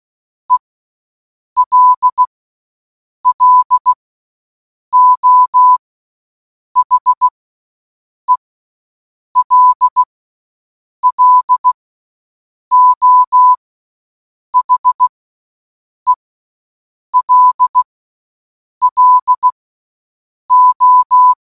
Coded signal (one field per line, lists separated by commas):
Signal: Morse code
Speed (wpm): 16 wpm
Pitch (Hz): 1000 Hz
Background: none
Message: ELLO HELLO HELLO